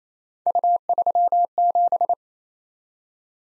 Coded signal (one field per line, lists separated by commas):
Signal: Morse code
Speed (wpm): 28 wpm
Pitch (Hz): 700 Hz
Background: none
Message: U37